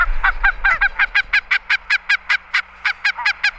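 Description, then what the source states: Barnacle Goose honking, a rapid series of short, sharp yapping calls throughout. Played back as the mystery bird in a contest; described as a large, robust bird with a white face and black head, neck and upper breast.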